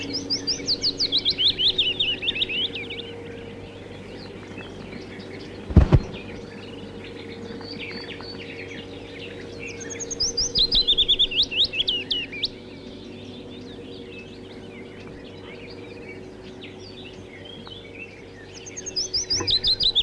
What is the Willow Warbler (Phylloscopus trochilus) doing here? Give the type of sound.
song